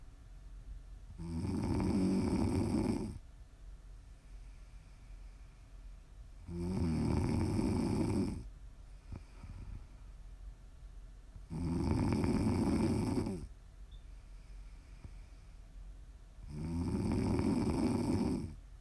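Four loud, low, rattling snores come at a steady pace of about 12 breaths a minute, each lasting roughly two seconds. Quiet pauses separate them. The sound is ordinary sleep snoring.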